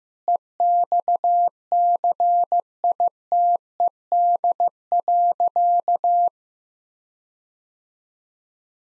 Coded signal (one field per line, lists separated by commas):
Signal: Morse code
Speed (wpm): 15 wpm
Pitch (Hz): 700 Hz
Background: none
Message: EXCITED.